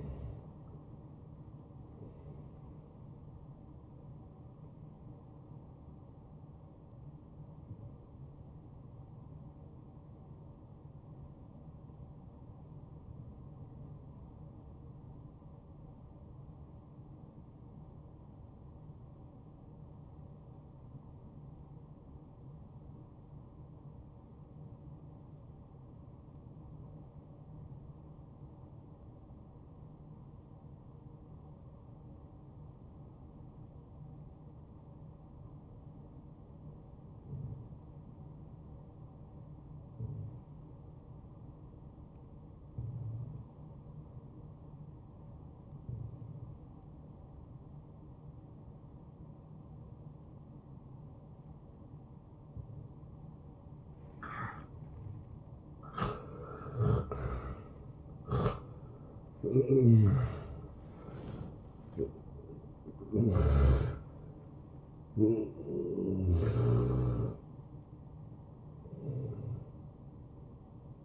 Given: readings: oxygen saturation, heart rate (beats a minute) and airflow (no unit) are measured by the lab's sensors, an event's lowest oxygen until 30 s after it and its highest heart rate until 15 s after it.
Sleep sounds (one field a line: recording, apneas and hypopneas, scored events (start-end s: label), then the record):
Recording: breathing in sleep by a smartphone at the bedside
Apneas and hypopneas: 1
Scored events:
9.00-69.00 s: new sleep stage, N2 (light sleep)
12.00-57.90 s: obstructive apnea (N2, oxygen 96% highest, then 83% lowest, heart rate 67 at the start, 79 highest)
69.00-71.05 s: new sleep stage, N1 (lightest sleep)
From the record:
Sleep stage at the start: N1 (lightest sleep)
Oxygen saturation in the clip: 85 to 96%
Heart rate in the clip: 60 to 79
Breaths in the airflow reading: 7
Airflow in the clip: -10.3 to 7.5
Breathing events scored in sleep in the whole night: 263 in 5.5 hours asleep